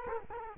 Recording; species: mosquito wingbeat signal from an infrared sensor; Culex quinquefasciatus